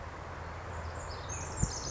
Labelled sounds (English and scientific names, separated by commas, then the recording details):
Pacific Wren (Troglodytes pacificus)
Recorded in Sonoma County, California